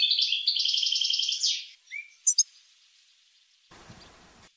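Finch singing a fast, high rattling trill for almost two seconds, followed by a soft lower whistle, two sharp chips and a brief burst of rustling noise.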